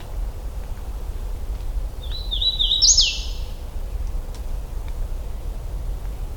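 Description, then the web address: Hooded warbler song: a quick series of clear, slurred whistled notes climbing over about a second to a sharp, emphatic upswept ending, over a steady low rumble. Recorded in Michigan on 16 June 2009 at 08:34. "Michigan Bird Songs Wilsonia citrina"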